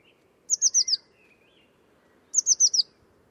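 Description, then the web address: Bird giving two quick runs of four sharp, high, falling notes about two seconds apart, with a soft lower slurred note between them. Bird sounds only, class labelled Cy Ca. "cianscape birddata Deverinetal 2025 Bird Only Cy Ca"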